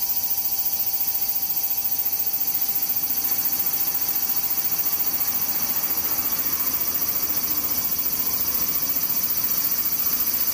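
Cicadas drone in a steady, dense, bright buzz that never lets up, with a faint low rumble underneath and a thin tone fading midway.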